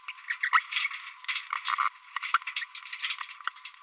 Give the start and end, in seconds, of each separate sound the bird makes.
0.09-0.11, 0.28-0.34, 0.43-0.49, 0.53-0.60, 2.23-2.37